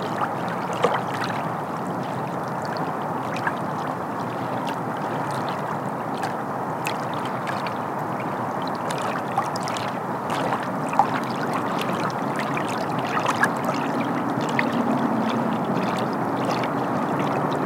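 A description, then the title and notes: Water laps against a lakeshore in a steady, dense wash with no pauses. Small splashes and clicks break the surface every second or so, some sharper, around the eleventh and thirteenth seconds. Underneath sits a soft low rumble. Relaxing Lakeside Sunset Evening on Zukey Lake. Water laps on the shore of Zukey Lake as the sun sets.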